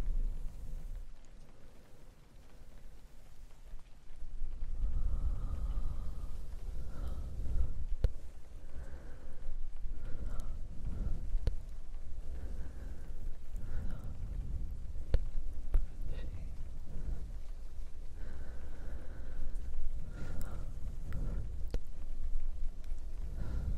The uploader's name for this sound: ear to ear Mic Brushing and Breathy Whispers with Rain Sounds